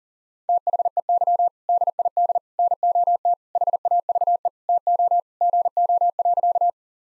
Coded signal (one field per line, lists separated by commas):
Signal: Morse code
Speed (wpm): 40 wpm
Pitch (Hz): 700 Hz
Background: none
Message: THEY DID NOT HAVE TO GO.